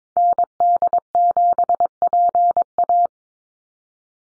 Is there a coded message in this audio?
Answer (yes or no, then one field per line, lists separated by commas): yes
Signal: Morse code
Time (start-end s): 0.2-3.1 s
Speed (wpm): 22 wpm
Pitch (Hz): 700 Hz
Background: none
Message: ND7PA